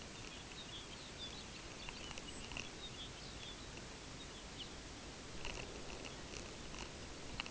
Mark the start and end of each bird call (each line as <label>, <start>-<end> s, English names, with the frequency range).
Lapland Longspur (2.2-5.3 kHz), 0.03-3.74 s
Lapland Longspur (2.5-4.8 kHz), 4.06-4.76 s